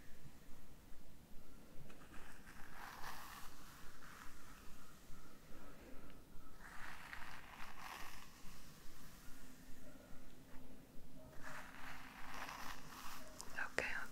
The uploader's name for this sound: hair brushing, hair sounds, layered sounds